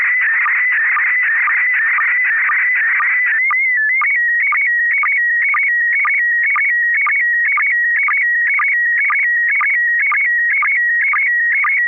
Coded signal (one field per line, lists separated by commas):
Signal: SSTV (slow-scan television)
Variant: PD 120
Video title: N6NA SSTV Net - 08/14/2024